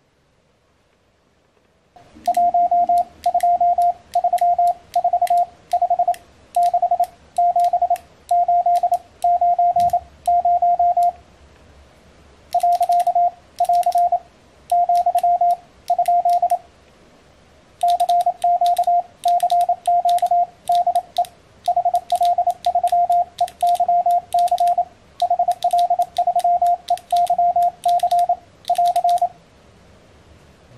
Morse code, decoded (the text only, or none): 1 2 3 4 5 6 7 8 9 0 . <AR> , ? CQ CQ DE HL3EYC HL3EYC <AR>